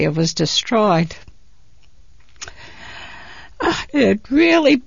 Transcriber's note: she sighs